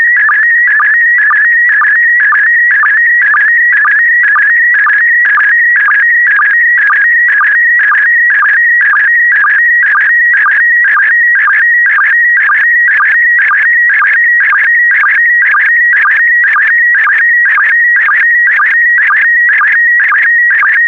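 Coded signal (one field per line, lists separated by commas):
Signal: SSTV (slow-scan television)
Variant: PD120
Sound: steady warbling tone shifting pitch, with short low blips about twice a second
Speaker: the next image transmission will start in 10 seconds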